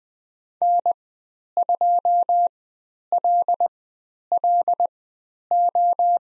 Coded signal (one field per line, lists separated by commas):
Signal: Morse code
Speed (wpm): 20 wpm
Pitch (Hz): 700 Hz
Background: none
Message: N2LLO